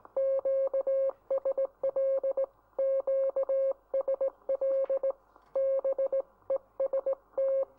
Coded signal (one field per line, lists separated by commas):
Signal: Morse code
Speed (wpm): 20 wpm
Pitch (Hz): 540 Hz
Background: none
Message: QSL QSL BEST